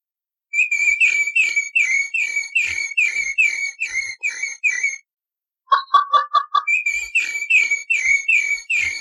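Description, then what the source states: Rufous-bellied Thrush singing a quick series of clear whistled notes, broken by a brief pause and a cluster of lower clipped notes before the whistled run resumes. Song; species of family Turdidae, representing Brazil as its national bird since 2002.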